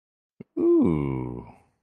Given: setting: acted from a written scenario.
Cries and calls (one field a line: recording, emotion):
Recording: vocal sound without words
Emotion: interest